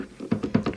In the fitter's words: So that's snapped in. You can hear it click.